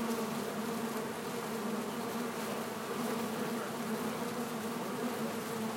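Bee: continuous humming of many bees, an even low buzz that holds without pause throughout.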